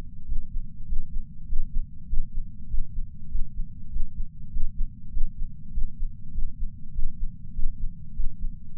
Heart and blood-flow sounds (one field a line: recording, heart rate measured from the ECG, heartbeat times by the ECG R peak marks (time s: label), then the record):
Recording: heart sounds by patch sensor on the chest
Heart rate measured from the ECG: 99 bpm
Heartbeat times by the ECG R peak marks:
0.25 s: heartbeat
0.85 s: heartbeat
1.45 s: heartbeat
2.06 s: heartbeat
2.67 s: heartbeat
3.28 s: heartbeat
3.89 s: heartbeat
4.49 s: heartbeat
5.10 s: heartbeat
5.70 s: heartbeat
6.31 s: heartbeat
6.91 s: heartbeat
7.52 s: heartbeat
8.12 s: heartbeat
8.73 s: heartbeat
From the record:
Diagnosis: coronary artery disease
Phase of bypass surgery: preoperative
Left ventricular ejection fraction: 69.2%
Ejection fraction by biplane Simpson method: 67.6%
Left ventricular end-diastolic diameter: 44 mm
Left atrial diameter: 34 mm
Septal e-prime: 8.5 cm/s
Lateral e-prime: 9.7 cm/s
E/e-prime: 11.5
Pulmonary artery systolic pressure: 27 mmHg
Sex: male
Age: 74 years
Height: 168 cm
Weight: 55 kg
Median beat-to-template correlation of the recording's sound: 0.94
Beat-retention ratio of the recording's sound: 0.99